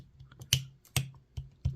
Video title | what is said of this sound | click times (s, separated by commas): Unboxing New Trucks And 4X4s - Greenlight Square Body Suburban! | nice little satisfying click into place there | 0.5 s, 1.0 s